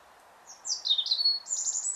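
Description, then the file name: European robin song phrase of high, sweet notes that dip and waver, followed by long, thin sustained whistles near the top of its range. "Erithacus rubecula"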